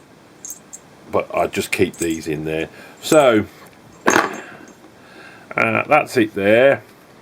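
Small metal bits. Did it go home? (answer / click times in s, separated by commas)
no / none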